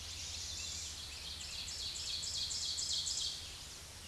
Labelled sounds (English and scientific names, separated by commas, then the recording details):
Ovenbird (Seiurus aurocapilla) song
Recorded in a Pennsylvania forest on 16 May 2024 at 07:34
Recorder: AudioMoth, point MSD-2376
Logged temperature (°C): 16.7 °C
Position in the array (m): 169 m, -27 m